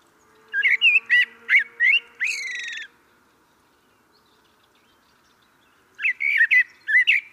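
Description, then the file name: Common blackbird delivering a fluty warbled phrase that ends in a harsher, buzzy squeak, a long silence, then another mellow whistled phrase begins. "Turdus merula"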